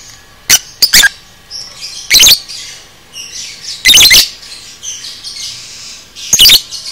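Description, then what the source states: Lovebird calls: irregular loud squawky bursts, some doubled, separated by quieter high warbling chatter. Masteran lovebird 'paud' recording, made for training cage birds.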